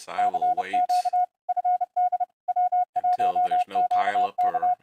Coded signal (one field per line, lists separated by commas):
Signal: Morse code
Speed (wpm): 30 wpm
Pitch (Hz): 720 Hz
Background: speech, radio noise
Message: CQ FD W1QK